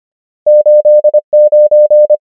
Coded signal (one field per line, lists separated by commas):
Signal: Morse code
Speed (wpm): 25 wpm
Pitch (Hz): 600 Hz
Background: none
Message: 8 9